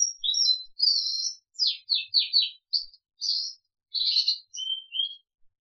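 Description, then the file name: Crested canary song, a run of high chirps, short trills and slurred whistles with brief pauses between phrases. "audio kenari jambul"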